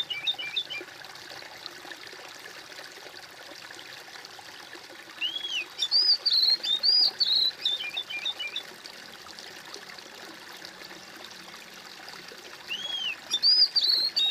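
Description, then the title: Bird repeating its whistled song, each phrase an arching note then bright high whistles and twitters, separated by several seconds of quiet hiss. "kOMPILASI suara bird"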